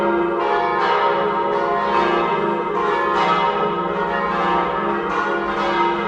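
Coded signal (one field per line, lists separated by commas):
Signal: bell signal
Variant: battiore and plenum ringing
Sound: several large church bells ringing together, overlapping strikes with long humming resonance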